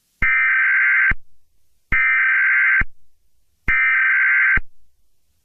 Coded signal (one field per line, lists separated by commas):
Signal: Emergency Alert System (SAME) tones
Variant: header bursts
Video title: EAS Scenario #10: Barney Error